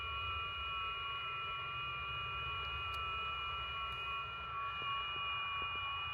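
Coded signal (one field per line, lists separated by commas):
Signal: FT8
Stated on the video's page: FT8 via QO-100 satellite from a mobile car station: 80cm dish on azimuth rotor, transverter, ICOM IC-9700 and laptop; includes a very weak signal.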